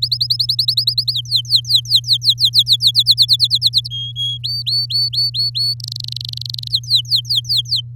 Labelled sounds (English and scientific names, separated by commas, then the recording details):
Domestic Canary (Serinus canaria) song
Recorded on 7 May 2018 at 15:22
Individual llb16